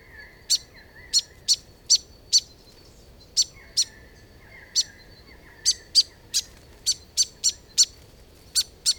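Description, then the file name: Grey fantail call series: crisp high chips, some spaced and some in quick runs, over soft thin buzzy notes. "Rhipidura Albiscapa"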